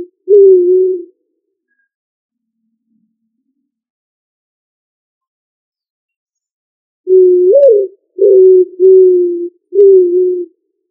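Pigeon coos, low and hollow, with a single note near the start; after a quiet gap comes a phrase of four coos, the first lifting and falling in pitch.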